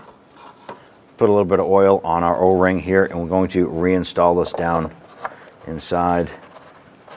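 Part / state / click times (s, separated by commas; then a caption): oil fill tube into engine valve cover opening / not seated / none. An oil fill tube with a freshly oiled rubber O-ring is handled for reinstallation into its opening in the valve cover of a 2006-2013 Chevrolet Impala engine while someone talks. Two short, faint handling ticks come at about 0.1 and 0.7 seconds. The clip ends before the tube goes in, so nothing has seated or clicked yet.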